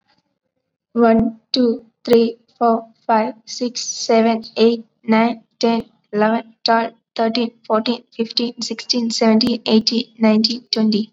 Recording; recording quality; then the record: counting at a normal pace; excellent, no background noise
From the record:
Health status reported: COVID-19 positive, mild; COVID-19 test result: positive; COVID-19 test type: RT-PCR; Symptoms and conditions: cough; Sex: female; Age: 19 years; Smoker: no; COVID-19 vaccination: both doses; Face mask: worn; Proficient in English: yes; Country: India